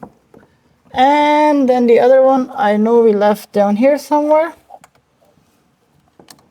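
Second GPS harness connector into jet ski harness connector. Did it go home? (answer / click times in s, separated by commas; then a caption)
yes / 6.3 s. Someone talks while searching for the second plastic wiring connector of a Jetski Buddy GPS harness on a Sea-Doo Spark Trixx jet ski. They then plug it into its mate on the jet ski harness, where it clicks and locks at 6.3 s, with faint ticks just before and after. The connector is confirmed seated, and the safety pin is slid in next.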